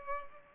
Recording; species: mosquito wingbeat signal from an infrared sensor; Culex pipiens